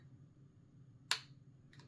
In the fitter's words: There we go. A little bit of a click.